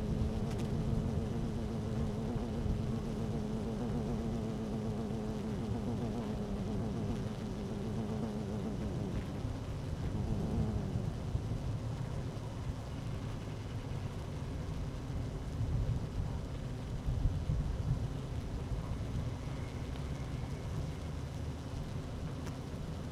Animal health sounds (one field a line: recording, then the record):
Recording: honeybee colony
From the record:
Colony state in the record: active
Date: 12 June 2018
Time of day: 12:19